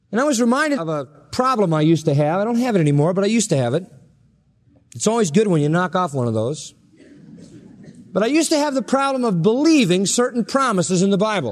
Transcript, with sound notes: And I was reminded of a problem I used to have...I don't have it anymore, but I used to have it...it's always good when you knock off one of those. [Laughter] But I used to have the problem of believing certain promises in the Bible.